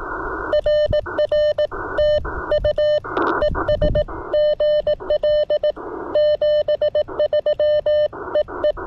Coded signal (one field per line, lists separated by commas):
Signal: Morse code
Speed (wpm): 19 wpm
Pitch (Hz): 590 Hz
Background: none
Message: RR TU ES GL 73 EE